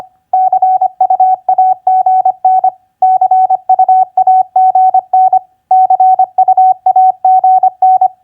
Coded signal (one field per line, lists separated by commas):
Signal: Morse code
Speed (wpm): 25 wpm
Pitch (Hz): 750 Hz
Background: none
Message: CUAGN CUAGN CUAGN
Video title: Morse Code Practice QSO Elements Q5d TU-FB-CUAGN 25wpm